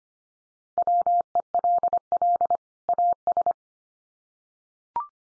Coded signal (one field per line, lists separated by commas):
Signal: Morse code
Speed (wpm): 25 wpm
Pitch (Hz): 700 Hz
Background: none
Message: WELL AS